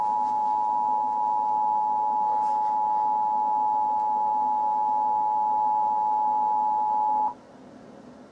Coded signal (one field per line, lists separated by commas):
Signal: Emergency Alert System (SAME) tones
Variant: 853 and 960 Hz attention tone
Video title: Custom Image rp Northwest Airlines Boeing 747-400 [U.S. EAS Alarm] EAS Siren and Alarm Sounds